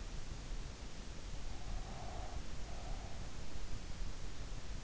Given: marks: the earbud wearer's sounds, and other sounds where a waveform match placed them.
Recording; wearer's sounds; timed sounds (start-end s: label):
sounds in sleep by an in-ear microphone; breath
1.72-3.25 s: breath